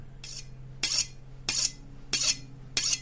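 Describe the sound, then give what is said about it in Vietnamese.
A knife being sharpened beside the window next to a bed: five steady, evenly spaced strokes, each a bright, hissing metallic scrape, repeating about every half second over a faint low hum, with no voices. “Nó cố lắng tai nghe xem âm thanh là gì, phát ra từ đâu, thì con Tâm kinh hãi nhận ra ấy là tiếng mài dao phát ra ở cạnh cửa sổ cái giường nó đang nằm.”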